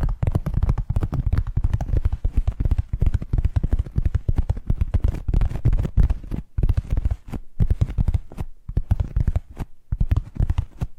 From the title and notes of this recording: ASMR 10 Addictive Tapping Triggers to Wake Up Your Tingles! (No Talking).